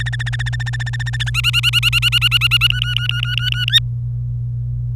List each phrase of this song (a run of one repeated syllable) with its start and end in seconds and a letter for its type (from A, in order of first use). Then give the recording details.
0.00-1.30 A, 1.34-2.67 B, 2.69-3.65 C, 3.68-3.79 D. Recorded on 26 April 2018 at 08:15. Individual llb3